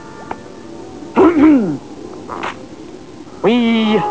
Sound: clears throat